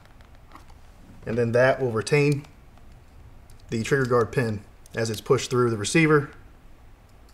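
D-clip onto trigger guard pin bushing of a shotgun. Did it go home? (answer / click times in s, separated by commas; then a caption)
no / none. A steel D-clip, straight edge in the notch, is handled at the bushing of the trigger guard pin on a Benelli Super Black Eagle 3 shotgun; it is pushed by hand over the bushing so it will retain the pin as it passes through the receiver. Someone talks while faint ticks sound near 0.1, 0.2, 0.4, 0.6, 2.8, 3.5 and 3.6 seconds. Nothing has seated or clicked yet.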